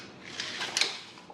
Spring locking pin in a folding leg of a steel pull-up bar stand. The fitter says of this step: lock it into place